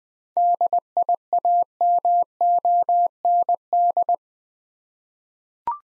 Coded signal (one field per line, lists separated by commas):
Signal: Morse code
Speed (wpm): 20 wpm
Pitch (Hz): 700 Hz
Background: none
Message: DIAMOND